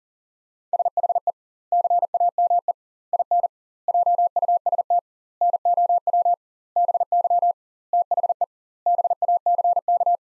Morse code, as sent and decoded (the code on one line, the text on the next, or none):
... .... . / -.-. .- -- . / .. -. / .--- ..- ... - / -. --- .-- / -... -.-- / - .... . / -... .- -.-. -.-
SHE CAME IN JUST NOW BY THE BACK